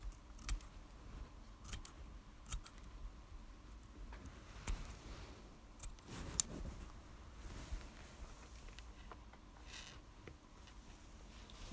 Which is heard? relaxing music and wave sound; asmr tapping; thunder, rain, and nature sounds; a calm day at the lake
asmr tapping